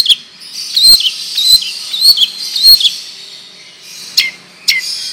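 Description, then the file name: Long-tailed shrike, a run of whistled, scratchy phrases with clicks, then two isolated sharp downward notes near the end. Long rolling song style (ngerol panjang); bird singing vigorously (gacor). "Burung Cendet Ngerol Panjang Gacor"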